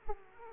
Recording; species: mosquito wingbeat signal from an infrared sensor; Aedes aegypti